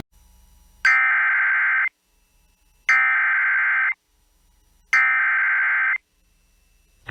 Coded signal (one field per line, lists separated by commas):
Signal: Emergency Alert System (SAME) tones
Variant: header bursts